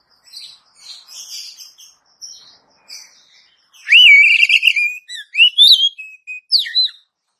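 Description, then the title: Oriental magpie-robin song: soft, scratchy high notes at first, then loud, clear whistled phrases that swoop and warble, with sharp rising and falling slurs near the end. "Kacer"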